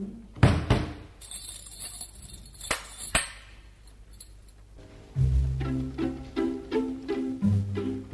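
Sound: door being closed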